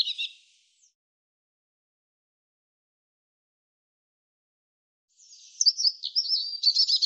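European robin song: a brief high phrase opens, then after a long silence a fresh phrase of thin, sliding notes builds into a rapid trill.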